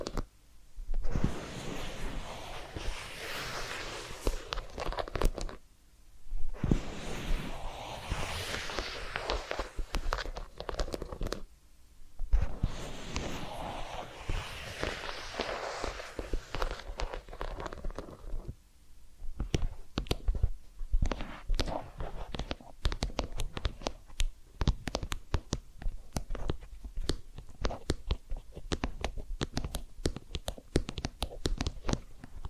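Massage sounds: rubbing and brushing strokes in long bursts with short pauses for eighteen seconds, then dense crisp crackles and taps continue.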